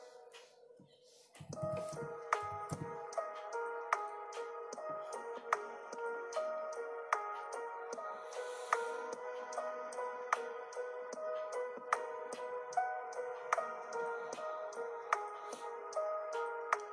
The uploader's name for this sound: Lofi study with me with pencil, page flipping and typing ASMR